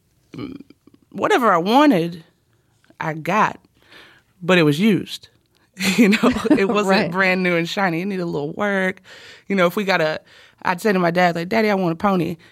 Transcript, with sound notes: whatever I wanted, I got. But it was used, you know?
(LAUGHTER)
Right.
It wasn't brand-new and shiny. It needed a little work. You know, if we got a - I'd say to my dad, like, Daddy, I want a pony.